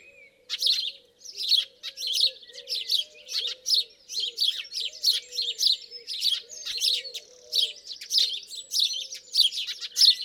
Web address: SETE data Passer domesticus